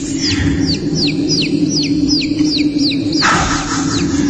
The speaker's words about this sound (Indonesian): Ketika aku coba mendengarkannya lagi, ada suara anak ayam di gunung seperti ini.